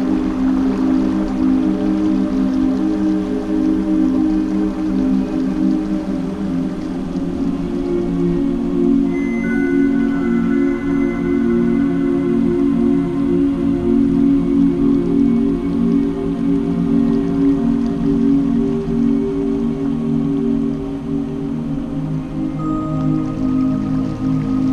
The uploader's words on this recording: Relaxation Music - Water Droplets - Nature Sound - Piano Background.